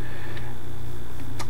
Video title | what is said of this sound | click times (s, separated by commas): VR to BushcraftMyWay on What a knife means to me | you know, you can hear it lock up, and it's | 1.4 s